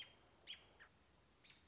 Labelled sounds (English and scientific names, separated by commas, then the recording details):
American Robin (Turdus migratorius)
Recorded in Sonoma County, California